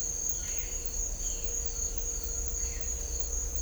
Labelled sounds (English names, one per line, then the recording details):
none
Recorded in dense forest near Puerto Asís, Putumayo, Colombia, on 18 December 2024 at 09:00
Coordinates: 0.500, -76.322
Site G053